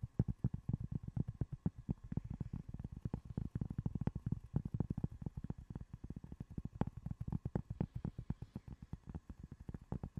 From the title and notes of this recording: ASMR progressive soft to hard triggers // tapping and scratching // fast and aggressive.